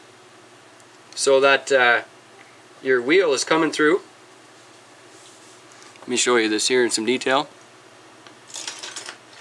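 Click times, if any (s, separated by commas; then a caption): none. Someone talks while an RC car wheel is slipped onto the axle with a GCM F1-to-Tamiya wheel adapter, and short handling clicks and rattles follow from about 8.3 to 9.1 s. The axle pokes through, but the wheel has not seated or clicked yet; tightening the nut afterwards is meant to pull it all in.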